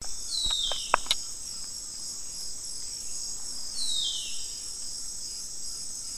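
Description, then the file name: White-browed hawk giving two thin, high whistles that slide downward, a few seconds apart, over a constant shrill insect chorus with a few clicks. "Leucopternis kuhli - White-browed Hawk"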